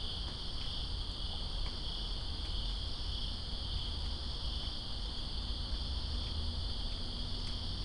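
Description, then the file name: Crickets in a steady chorus, an unbroken high trill over the low hiss of falling rain. Crickets in rain, Greensboro, 2 September 2017. "Greensboro Crickets And Rain-2017-09-02"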